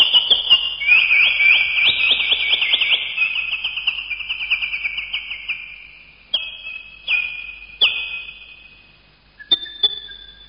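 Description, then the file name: Bird calls: an intense buzzy trill slowly falling in pitch, followed by several short steady whistles separated by pauses. "uccelli birds"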